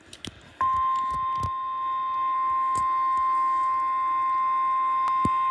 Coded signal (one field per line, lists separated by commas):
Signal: Emergency Alert System (SAME) tones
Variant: 1050 Hz attention tone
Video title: EAs Special marine warning